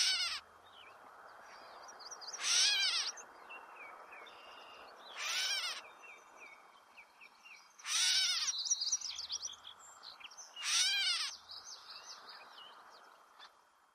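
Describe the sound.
Catbird calls, loud wailing nasal mews repeated about every two and a half to three seconds, five in all, the first cut off, with faint chattering and whistles in the gaps.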